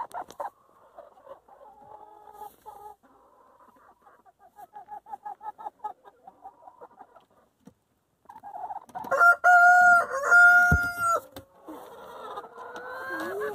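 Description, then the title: Chickens clucking in fast trills, then a rooster crows loudly with a long ringing drawn-out call, followed by further clucks. Chickens in their coop. "In the chicken coop - A csirkeólban"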